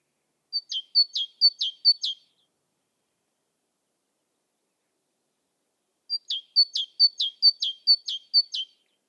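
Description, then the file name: Great tit song in two bursts: about four two-note phrases, a pause of roughly four seconds, then several more high-low phrases in the same steady rhythm. "Parus major"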